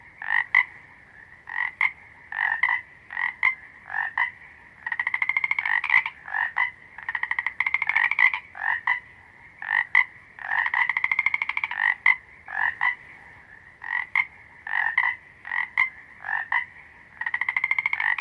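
A frog chorus croaks steadily, rapid rasping calls in bursts of about a second, repeating every second or so without pause.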